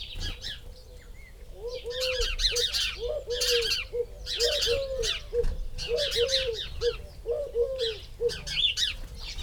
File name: Passer domesticus